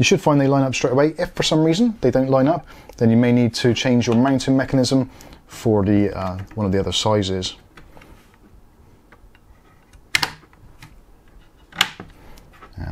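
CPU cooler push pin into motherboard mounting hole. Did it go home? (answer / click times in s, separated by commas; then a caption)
yes / 10.2 s, 11.8 s. Someone talks while lining up the plastic push-pin mounting legs of a Snowman M-T4 CPU cooler with the motherboard holes for an Intel 775/115x/LGA1200 socket. The pins are then pushed down, and sharp snaps are heard at 10.2 s and 11.8 s as they seat into the motherboard mounting holes.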